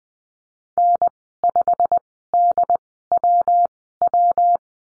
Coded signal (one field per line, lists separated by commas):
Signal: Morse code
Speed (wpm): 20 wpm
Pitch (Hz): 700 Hz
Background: none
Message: N5DWW